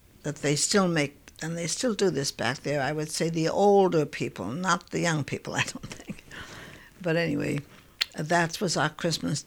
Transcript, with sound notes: that they still make, and they still do this back there, I would say the older people, not the younger people I don't think. (she laughs) But anyway, that was our Christmas dinner.